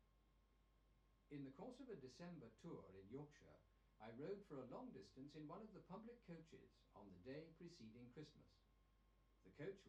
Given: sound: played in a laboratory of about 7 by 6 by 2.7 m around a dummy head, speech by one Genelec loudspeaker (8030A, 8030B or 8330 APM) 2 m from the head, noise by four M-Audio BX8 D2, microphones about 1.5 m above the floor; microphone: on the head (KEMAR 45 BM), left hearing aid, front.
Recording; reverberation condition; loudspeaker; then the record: male speech in English; low; 120 degrees to the right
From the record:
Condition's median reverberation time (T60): about 310 ms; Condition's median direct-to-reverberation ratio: about 3.5 dB